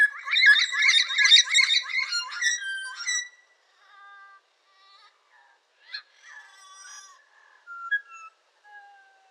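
Yellow-crowned amazon giving a loud, harsh rapid chatter for about three seconds, then scattered quieter whistled notes and a few short squawks.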